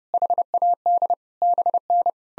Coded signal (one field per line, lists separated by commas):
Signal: Morse code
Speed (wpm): 32 wpm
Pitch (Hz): 700 Hz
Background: none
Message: HAD BN